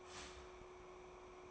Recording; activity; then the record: daily activity, microphone in the room; start toaster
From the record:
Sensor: 1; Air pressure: 1004.3 hPa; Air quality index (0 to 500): 200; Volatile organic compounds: 19 ppm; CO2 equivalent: 2648 ppm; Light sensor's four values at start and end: 5/13/4/5 and 5/13/4/5